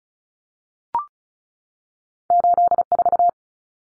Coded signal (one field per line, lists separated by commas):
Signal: Morse code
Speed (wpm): 34 wpm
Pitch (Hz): 700 Hz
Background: none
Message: 84